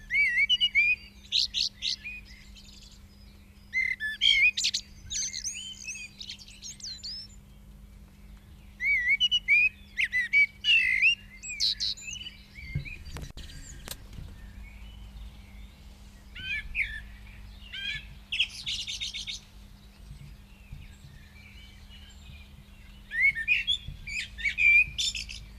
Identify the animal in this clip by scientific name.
Turdus merula